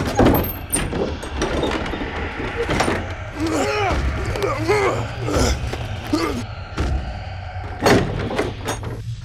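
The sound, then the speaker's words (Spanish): A heavy cell door bangs open as new prisoners, railway workers from the San Bernardo rail workshop, are thrown into the cell, amid a series of sharp metallic clanks and thuds, while several voices cry out and groan over a steady low rumble. “La puerta de nuestra habitación, una habitación celda, se abrió de golpe donde los arrojaron.”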